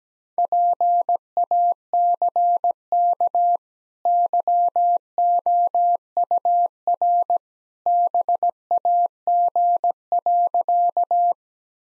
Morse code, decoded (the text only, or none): PACK YOUR BAG.